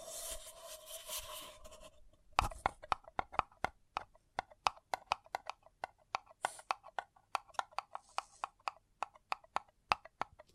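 A paper cup is rubbed and crinkled for the first two seconds, a dense, bright scratching. A sharp knock follows just past two seconds, then steady crisp taps on the cup, about three a second, continuing to the end with a few soft rustles between.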